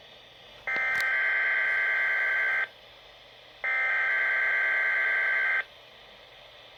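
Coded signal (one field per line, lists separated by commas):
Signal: Emergency Alert System (SAME) tones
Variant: header bursts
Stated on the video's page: Required weekly test from Saskatoon weather radio transmitter on 162.550 MHz VHF, with system upgrade message.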